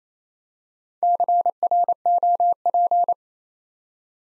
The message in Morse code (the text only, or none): CROP